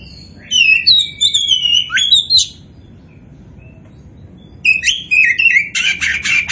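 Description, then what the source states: Oriental magpie-robin giving a sweeping whistled phrase, then a pause, then a fast run of harsh chattering notes. Kacer poci variety, described as gacor, meaning singing prolifically.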